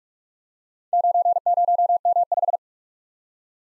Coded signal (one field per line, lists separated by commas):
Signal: Morse code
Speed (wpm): 43 wpm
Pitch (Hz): 700 Hz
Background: none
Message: 90M5